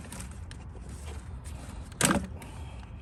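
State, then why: Not seated. A charge pipe clamp is pushed onto the lower charge pipe connection. There is a low rumble, a faint tap near 0.1 s, and a brief, louder clatter around 2.1 s. The clamp fails to snap on, and nothing has seated or clicked yet.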